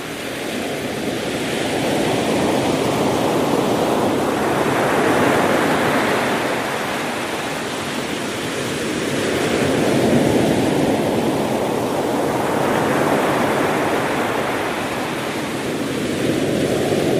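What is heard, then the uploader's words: Ocean waves wash steadily onto a beach in a dense, continuous rush of surf. The roar swells and recedes in slow cycles, cresting around five and ten seconds and again near the end, with a brighter hiss as each wave breaks. Paradise Beach Ocean Waves Sound.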